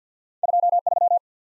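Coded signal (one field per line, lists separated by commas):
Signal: Morse code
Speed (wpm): 50 wpm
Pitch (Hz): 700 Hz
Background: none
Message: 2 3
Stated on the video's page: Morse practice of random two-character letter and number groups at 50 wpm, head-copy drill.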